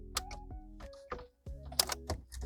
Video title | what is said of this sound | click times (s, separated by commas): AuCarAuto 13" Tesla Style Screen for Ford F150 F250 F350 F450 F650 (2020-2025) Sync 4 with 8" screen | and then open the latch and it comes off like so. | 1.8 s